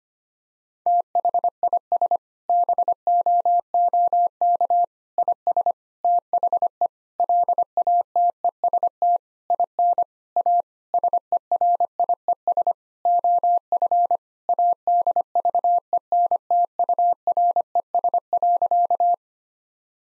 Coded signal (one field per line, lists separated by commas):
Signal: Morse code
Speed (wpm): 25 wpm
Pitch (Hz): 700 Hz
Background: none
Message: THIS BOOK IS THE LATEST IN A SERIES OF ADVENTURES.